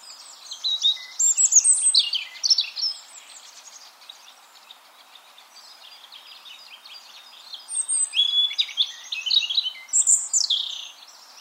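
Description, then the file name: European robin with two phrases of dense, tinkling high warbles and trills, divided by a quiet gap of several seconds. "Erithacus rubecula"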